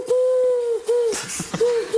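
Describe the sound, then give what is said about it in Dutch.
A comedian imitates a parrot copying a dove's coo: three steady, mid-pitched hooting notes, the first one long, separated by breathy, hissing sounds. “Dat is een papegaai die een duif nadoet.”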